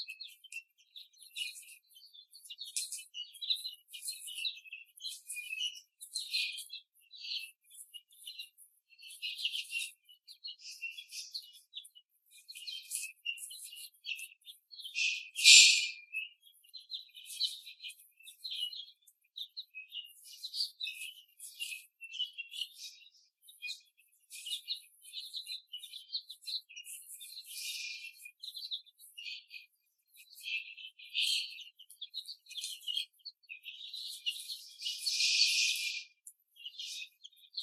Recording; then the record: young laying hens in a cage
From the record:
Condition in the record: after the stressor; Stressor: simulated dog barking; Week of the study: 3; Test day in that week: 1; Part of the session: 1